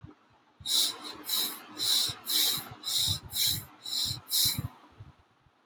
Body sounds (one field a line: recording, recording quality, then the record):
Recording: shallow breathing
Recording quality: excellent, no background noise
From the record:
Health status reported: healthy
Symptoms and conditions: none ticked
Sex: male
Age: 25 years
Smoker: not ticked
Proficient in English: yes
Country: India